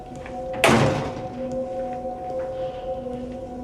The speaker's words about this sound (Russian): Фарас поднимается по лестнице и подходит к стеклянной двери. Он открывает ее и входит в коридор